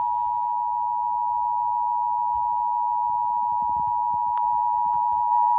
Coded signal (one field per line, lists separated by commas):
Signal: Emergency Alert System (SAME) tones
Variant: 853 and 960 Hz attention tone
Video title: Eas FFW Eas#396